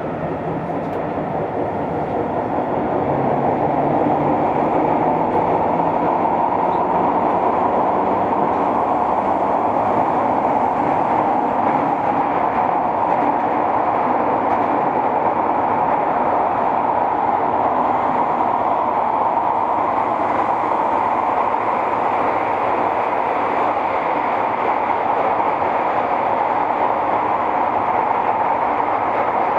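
A Yokohama Municipal Subway 10000-series train running between Hiyoshi and Center-Kita, heard as a steady, dense rumble with a strong midrange roar. Over the first few seconds the sound swells as the train speeds up, then holds level with a faint rising tone underneath.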